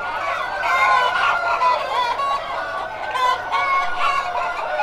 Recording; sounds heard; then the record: poultry house recording; healthy chickens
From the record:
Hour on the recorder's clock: 2